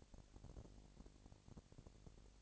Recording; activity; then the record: daily activity, microphone in the room; no activity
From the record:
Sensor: 5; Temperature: 20.1 degrees Celsius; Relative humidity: 38.2%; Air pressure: 998.9 hPa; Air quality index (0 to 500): 218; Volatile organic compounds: 24 ppm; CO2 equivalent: 2811 ppm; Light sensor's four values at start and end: 2/3/1/1 and 2/3/1/1